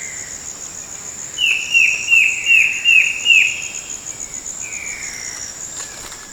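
Bird singing a rapid string of six clipped, falling notes midway, followed by a softer drawn-out slur, against an unbroken shrill insect drone.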